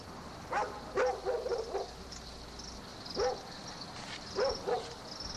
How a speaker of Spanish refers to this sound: Pero los animales siguieron ladre y ladre, y no nomás esa noche, sino todas las noches por más de un mes.